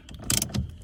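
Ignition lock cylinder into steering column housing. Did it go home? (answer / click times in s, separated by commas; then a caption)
no / none. A metal ignition lock cylinder is handled and pushed straight down into the steering column housing of a 1977–1990 Monte Carlo, giving a few sharp knocks near 0.3 and 0.4 seconds over low rumble. The cylinder is not yet home; nothing has seated or clicked yet.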